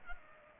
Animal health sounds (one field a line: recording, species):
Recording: mosquito wingbeat signal from an infrared sensor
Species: Culex pipiens